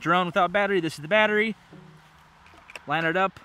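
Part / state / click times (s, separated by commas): flight battery into drone body / not seated / none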